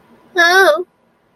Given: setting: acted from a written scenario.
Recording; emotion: vocal sound without words; distress